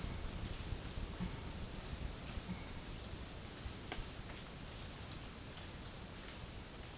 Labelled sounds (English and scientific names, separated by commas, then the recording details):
none
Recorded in pastures near Puerto Asís, Putumayo, Colombia, on 30 June 2025 at 14:00
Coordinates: 0.466, -76.322
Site GP07